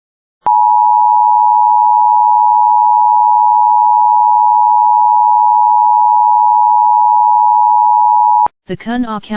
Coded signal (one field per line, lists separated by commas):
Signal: Emergency Alert System (SAME) tones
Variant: 853 and 960 Hz attention tone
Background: speech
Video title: (Special Message) West Virginia’s missing and endangered juvenile EAS #61